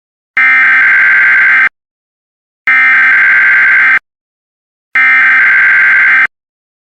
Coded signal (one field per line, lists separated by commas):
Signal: Emergency Alert System (SAME) tones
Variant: header bursts